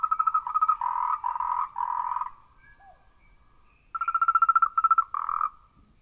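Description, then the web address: Frog calls in quick pulsed trills, a series of bursts, then a pause and a louder burst of rapid pulsing croaks. Recorded 14 March 2023. "frog rec 140323"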